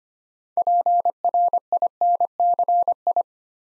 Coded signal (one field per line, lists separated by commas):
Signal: Morse code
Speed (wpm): 25 wpm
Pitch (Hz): 700 Hz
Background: none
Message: PRINCI